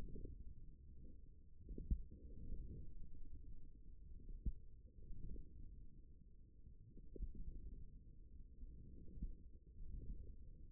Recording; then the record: forearm muscle sounds (acoustic myography)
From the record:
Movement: wrist flexion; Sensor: system 1, eight BSWA MPA416 microphones around the upper forearm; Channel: 4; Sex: male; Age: 28 years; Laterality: right